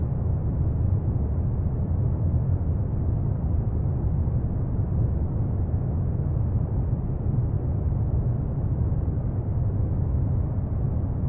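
Brown noise plays as a steady, deep rumble, heaviest in the low end and fading out before the higher tones. It holds completely even for the whole stretch, with no events, gaps or changes in loudness.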